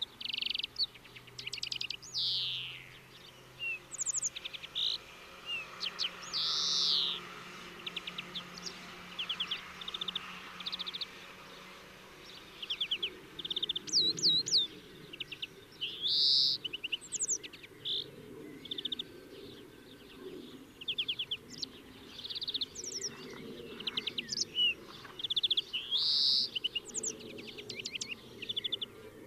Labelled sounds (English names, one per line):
European Greenfinch song